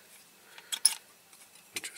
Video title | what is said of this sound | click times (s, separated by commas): CUSTOM RESTORATION OF A SOLIDO 321 SAVIEM CAR TRANSPORTER | moves up and down and it locks into place which is | 0.9 s